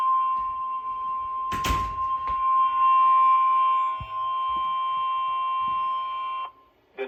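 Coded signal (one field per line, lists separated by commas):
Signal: Emergency Alert System (SAME) tones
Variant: 1050 Hz attention tone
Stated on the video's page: Severe thunderstorm watch and warnings and a tornado warning, captured from a NOAA Weather Radio station, cable system and TV broadcast station.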